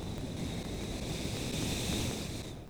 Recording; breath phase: one breath near a microphone; exhalation